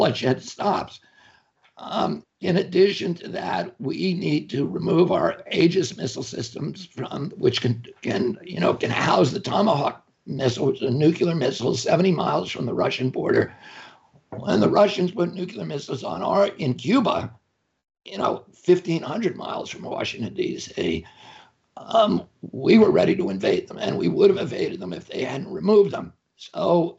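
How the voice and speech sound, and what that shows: An adult man speaks in a strained, rough, breaking voice from spasmodic dysphonia, with frequent pauses between phrases.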